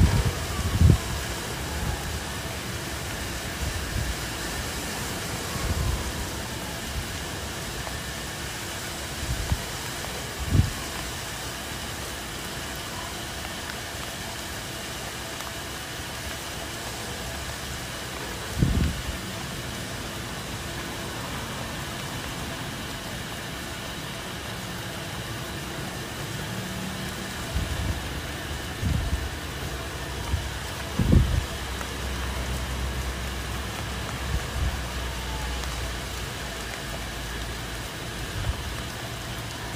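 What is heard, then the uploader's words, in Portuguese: Calm rain falls over a city as a steady, dense hiss with a low rumble of wind and traffic underneath. Short low thumps break through now and then, near 1, 6, 10, 19 and 31 seconds, and a faint passing vehicle tone sweeps by. Som de Chuva. Ouça o som de uma chuva calma com vento que cai sobre a cidade.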